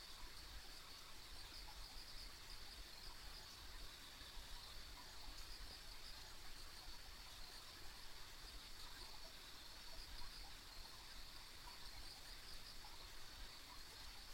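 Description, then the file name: Insects: steady high trilling, uninterrupted, set against a persistent low rumbling noise. Ambient insect sounds recorded on a country road. "田舎道の虫の環境音"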